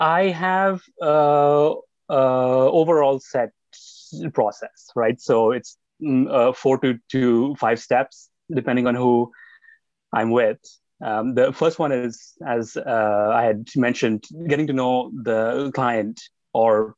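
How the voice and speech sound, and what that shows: Adult man speaking with stretched sounds and long silent pauses mid-phrase: stuttering with prolongations and blocks, a stutter he has had since an early age.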